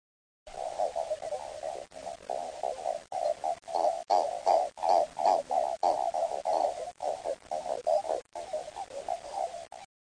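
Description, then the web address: Frog calling in a rapid, almost continuous series of short, pulsed croaks, roughly three per second. "frog zukan"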